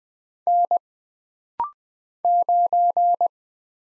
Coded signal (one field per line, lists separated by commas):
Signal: Morse code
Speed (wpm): 20 wpm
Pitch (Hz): 700 Hz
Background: none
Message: N 9